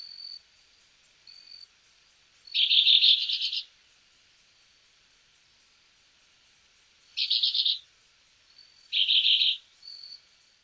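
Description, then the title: Chestnut-bellied euphonia giving high, buzzy, rapid trilled bursts, three short loud phrases, the last two close together, with faint thin whistles in between. "LuckyPassaro Completos2Sama. Chestnut-bellied Euphonia (Euphonia pectoralis)"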